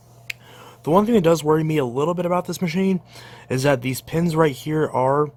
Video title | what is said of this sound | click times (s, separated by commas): Honiture H8 Cordless In-Depth Stick Vacuum Review | This sort of just mold, and it just slides in and clicks into place right there. | 0.3 s